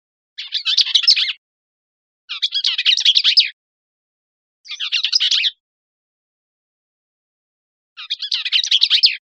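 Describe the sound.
Bell's vireo singing four rapid, chattering warbled phrases, each about a second long, with gaps of one to two and a half seconds between them.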